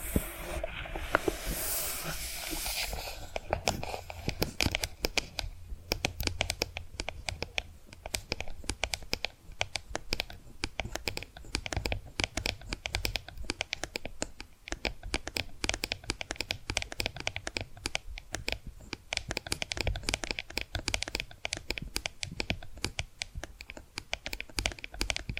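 Tapping and scratching sounds, fast and dense, with clicks landing in quick, uneven bursts throughout. The first few seconds carry a brighter, rougher scratching with a low rumble underneath, then the rest settles into crisp, steady tapping that keeps a lively, irregular rhythm.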